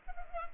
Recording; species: mosquito wingbeat signal from an infrared sensor; Culex pipiens